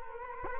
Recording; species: mosquito wingbeat signal from an infrared sensor; Culex quinquefasciatus